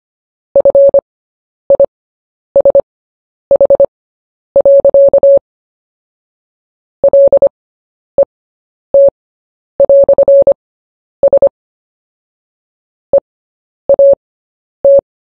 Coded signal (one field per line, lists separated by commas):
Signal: Morse code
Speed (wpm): 25 wpm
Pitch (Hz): 560 Hz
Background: none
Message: FISH. LET"S EAT